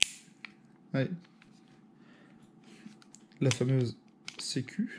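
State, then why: Seated. A CO2 magazine is pushed fully into the grip of an airsoft replica pistol and seats with a sharp click at 0.0 s. A quieter sharp tap follows at about 0.5 s, then someone talks over faint small ticks.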